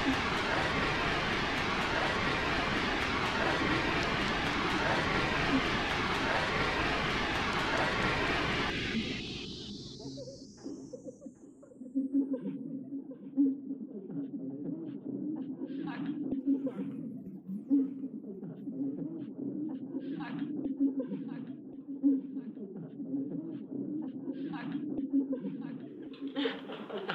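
Theatre laughter swells into a dense roar for about ten seconds, then fades to a low murmur with scattered voices and brief bursts.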